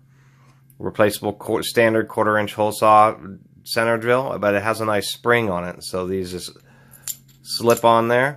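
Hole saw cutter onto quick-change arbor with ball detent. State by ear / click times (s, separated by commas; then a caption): not seated / none. Someone talks while handling a Greenlee Kwik 660 carbide hole saw cutter, sliding it toward its machined quick-change holder (arbor), which has a spring-loaded ball detent and a standard 1/4-inch center drill with a spring on it. A brief sharp tick is heard during a pause at about 7.1 s, with a fainter one at 7.3 s, before the talking resumes. The clip ends with nothing seated or locked into place yet.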